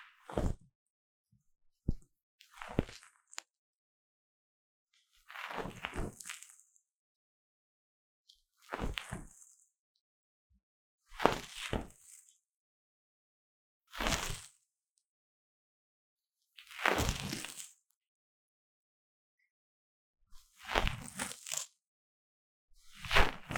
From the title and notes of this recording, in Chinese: 強烈的耳朵深層清理 | 耳掃除 | Deep Ear Cleaning | NoTalking。